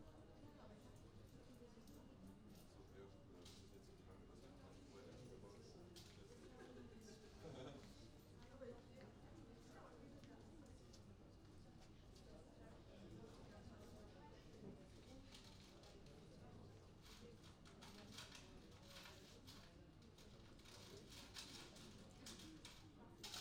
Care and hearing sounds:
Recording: everyday scene through a hearing-aid microphone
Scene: many people talking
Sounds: many voices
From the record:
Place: university cafeteria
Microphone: in the ear canal, right

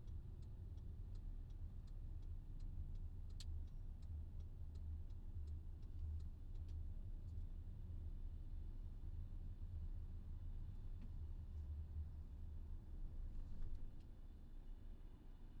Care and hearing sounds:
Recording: everyday scene through a hearing-aid microphone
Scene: in a vehicle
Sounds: engine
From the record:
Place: VW T5 Caravelle, diesel engine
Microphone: in the ear canal, left

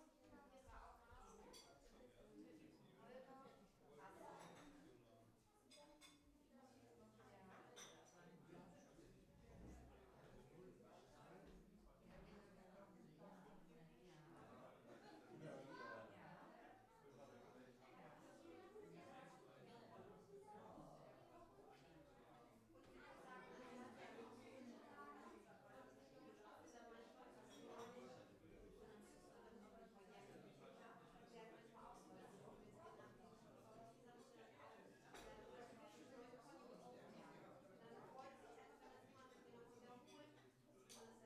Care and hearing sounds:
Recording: everyday scene through a hearing-aid microphone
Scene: many people talking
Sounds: many voices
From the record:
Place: parish hall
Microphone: behind the ear, right, front

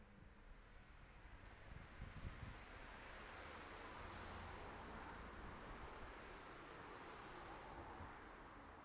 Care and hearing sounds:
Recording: everyday scene through a hearing-aid microphone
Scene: in traffic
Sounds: traffic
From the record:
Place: city secondary road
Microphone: behind the ear, right, rear

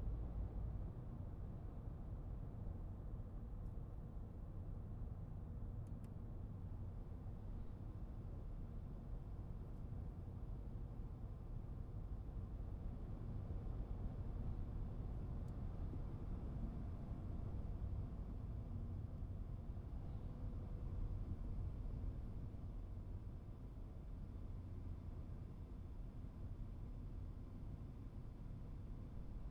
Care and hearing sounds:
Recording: everyday scene through a hearing-aid microphone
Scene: in a vehicle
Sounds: engine, highway driving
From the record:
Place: Skoda Fabia, gasoline engine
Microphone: behind the ear, right, front

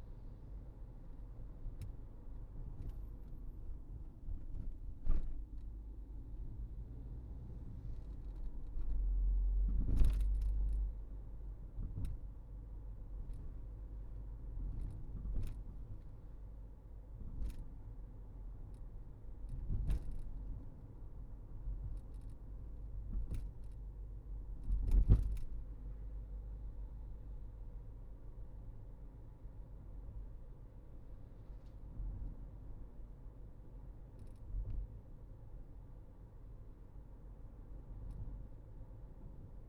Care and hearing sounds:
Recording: everyday scene through a hearing-aid microphone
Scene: in a vehicle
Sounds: engine, highway driving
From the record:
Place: Berlingo II, diesel engine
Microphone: behind the ear, right, rear

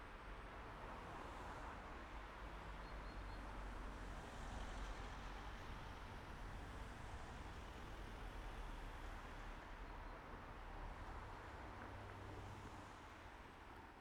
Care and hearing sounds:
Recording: everyday scene through a hearing-aid microphone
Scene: in traffic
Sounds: traffic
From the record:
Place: main road on the outskirts, rush hour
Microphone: behind the ear, right, rear

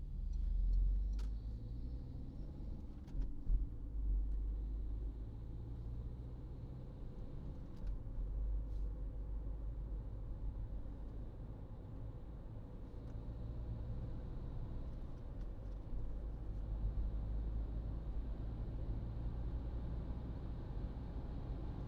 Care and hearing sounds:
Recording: everyday scene through a hearing-aid microphone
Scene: in a vehicle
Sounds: engine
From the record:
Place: Berlingo II, diesel engine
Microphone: in the ear canal, right

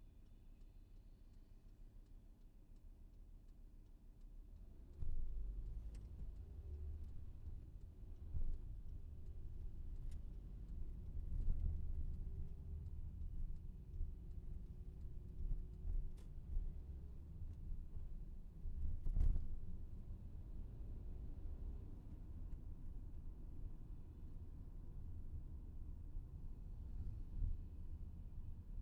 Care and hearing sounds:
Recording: everyday scene through a hearing-aid microphone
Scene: in a vehicle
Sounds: engine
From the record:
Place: VW T5 Caravelle, diesel engine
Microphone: behind the ear, left, rear

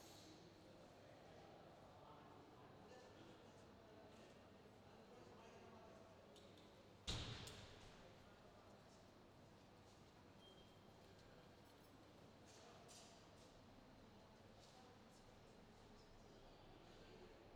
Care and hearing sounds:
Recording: everyday scene through a hearing-aid microphone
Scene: reverberant space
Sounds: background noise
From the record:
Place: railway station hall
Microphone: in the ear canal, left

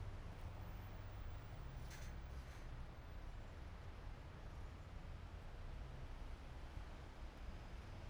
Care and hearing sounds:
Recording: everyday scene through a hearing-aid microphone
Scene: in traffic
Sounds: traffic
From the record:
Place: main city hub, rush hour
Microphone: behind the ear, right, rear

